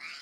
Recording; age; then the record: pig call; piglet (1 to 25 days)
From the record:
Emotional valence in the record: positive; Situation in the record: reunion after long isolation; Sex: female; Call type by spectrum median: high-frequency call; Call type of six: low-frequency tonal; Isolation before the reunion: 8 minutes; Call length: 0.22 s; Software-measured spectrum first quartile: 2095 Hz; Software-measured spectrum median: 2796 Hz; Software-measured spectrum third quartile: 4620 Hz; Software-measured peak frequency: 2228 Hz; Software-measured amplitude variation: 66 dB a second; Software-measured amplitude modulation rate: 18.3 a second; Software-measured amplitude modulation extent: 3.6 dB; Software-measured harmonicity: 1.6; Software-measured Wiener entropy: -1.62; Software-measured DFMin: 642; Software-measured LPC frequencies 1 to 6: 1346, 2253, 4198, 4739, 7139, 8530 Hz